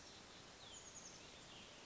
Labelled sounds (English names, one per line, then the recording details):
Chestnut-backed Chickadee
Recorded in Sonoma County, California